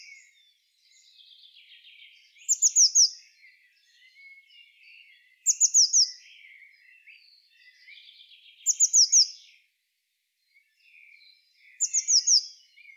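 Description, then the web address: Eurasian blue tit gives repeated calls, a run of four high, thin, descending notes about every three seconds, with softer buzzy churring notes in between. "SETE data Cyanistes caeruleus"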